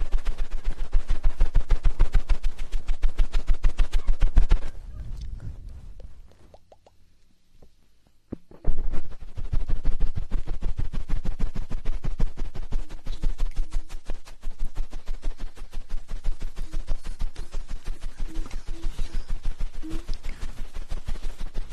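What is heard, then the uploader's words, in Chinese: Two-person ear cleaning: dense, rapid crackly scratching that fades to near silence around six to eight seconds, then resumes just as busily. 双人采耳。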